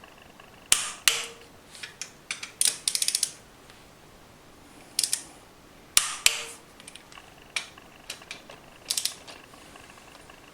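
A torque wrench set to 11 Nm gives the final tightening to the clutch cover screws on a 50cc AM6 moped engine. Sharp click-like hits mixed with lighter ratcheting ticks are heard, and the wrench reaches its setting with clicks at 0.7 s, 5.0 s and 6.0 s.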